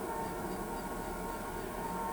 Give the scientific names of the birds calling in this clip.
none